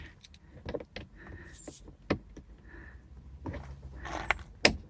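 A replacement power window switch on an MKV VW Jetta is pressed with slight upward pressure into the plastic door trim panel. After quieter handling taps and rustling, two sharp clicks come at 4.3 s and 4.7 s as the switch snaps into place. It is seated.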